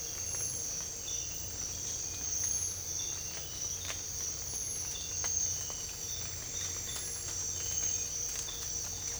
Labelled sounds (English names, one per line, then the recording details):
none
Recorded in secondary vegetation near Puerto Asís, Putumayo, Colombia, on 22 December 2024 at 06:00
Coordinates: 0.484, -76.319
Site GP06